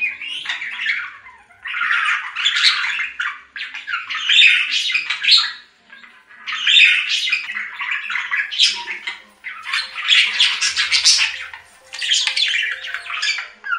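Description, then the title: Budgerigar chatter: phrases of buzzy warbling and chirps lasting a few seconds each, separated by brief pauses. "Budgie Sounds"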